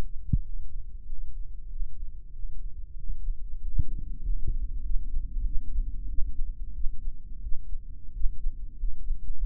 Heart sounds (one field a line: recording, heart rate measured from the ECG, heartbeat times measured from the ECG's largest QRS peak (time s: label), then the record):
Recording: heart sounds by microphone in the right ear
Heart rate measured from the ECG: 94 bpm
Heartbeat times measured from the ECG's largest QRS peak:
0.41 s: heartbeat
1.04 s: heartbeat
1.67 s: heartbeat
2.31 s: heartbeat
2.95 s: heartbeat
3.60 s: heartbeat
4.21 s: heartbeat
4.82 s: heartbeat
5.43 s: heartbeat
6.07 s: heartbeat
6.72 s: heartbeat
7.41 s: heartbeat
8.12 s: heartbeat
8.75 s: heartbeat
9.36 s: heartbeat
From the record:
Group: healthy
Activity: Valsalva maneuver 0-1 s, rest 1-9 s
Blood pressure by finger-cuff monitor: 115/87 mmHg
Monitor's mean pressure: 93 mmHg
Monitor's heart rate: 94 bpm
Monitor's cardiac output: 6.3 L/min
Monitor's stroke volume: 68 mL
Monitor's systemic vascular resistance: 1070 dyn s/cm5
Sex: male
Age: 21 years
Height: 180 cm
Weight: 67.5 kg